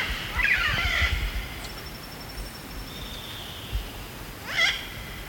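Yellow-billed parrot giving a pair of harsh, nasal squawks, then a second call near the end, with faint thin whistles between.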